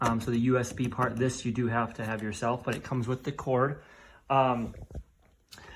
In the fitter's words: There's two clicks.